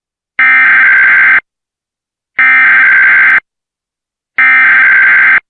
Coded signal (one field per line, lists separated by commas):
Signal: Emergency Alert System (SAME) tones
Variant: header bursts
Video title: EAS Blue Alert Test on NFWC Henderson WLK61 (11/24/19)